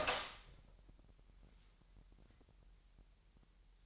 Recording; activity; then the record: daily activity, microphone in the room; open door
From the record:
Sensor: 3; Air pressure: 998.4 hPa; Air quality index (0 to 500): 140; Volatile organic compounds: 4 ppm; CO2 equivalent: 1682 ppm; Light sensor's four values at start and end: 16/47/19/18 and 16/47/19/18